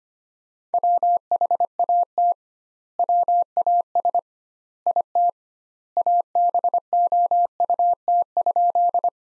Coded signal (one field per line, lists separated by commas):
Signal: Morse code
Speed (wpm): 25 wpm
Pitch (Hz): 700 Hz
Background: none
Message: WHAT WAS IT ABOUT?